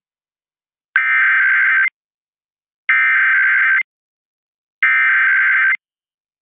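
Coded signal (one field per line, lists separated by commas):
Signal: Emergency Alert System (SAME) tones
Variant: header bursts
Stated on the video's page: Kentucky statewide Required Monthly Test aired on an FM station, shown with a WeatherSTAR 4000 emulator.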